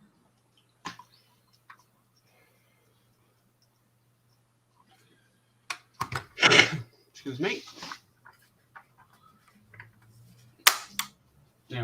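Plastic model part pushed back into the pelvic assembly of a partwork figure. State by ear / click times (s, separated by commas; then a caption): seated / 10.7 s. After a little glue is applied, a plastic part of a T-800 model build is pushed back into the pelvic assembly of a partwork figure while someone talks, with a few faint taps beforehand. A sharp, loud click at 10.7 s marks the part clicking into place, and it is confirmed seated.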